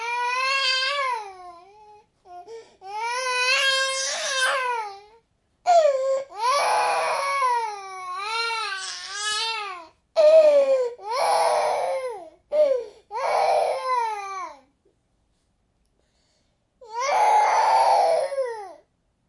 Baby cry.